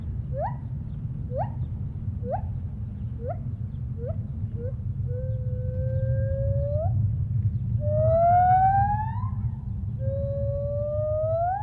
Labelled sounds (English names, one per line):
Lar Gibbon